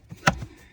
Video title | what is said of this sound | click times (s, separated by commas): K&N Cabin Air Filter Change on a 14 Chevy Silverado 1500 WT | And it pops right into place. | 0.3 s